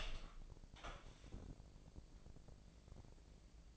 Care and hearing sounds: daily activity, microphone in the room; open door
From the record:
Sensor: 5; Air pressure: 1012.4 hPa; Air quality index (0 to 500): 158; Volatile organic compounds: 2 ppm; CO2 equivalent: 1079 ppm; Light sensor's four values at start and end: 233/567/238/260 and 237/576/241/265

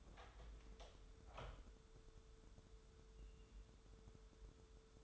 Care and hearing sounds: daily activity, microphone in the room; open door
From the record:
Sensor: 3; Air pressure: 1015.2 hPa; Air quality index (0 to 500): 120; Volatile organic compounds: 4 ppm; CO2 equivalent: 1687 ppm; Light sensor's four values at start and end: 16/40/16/17 and 16/40/16/17

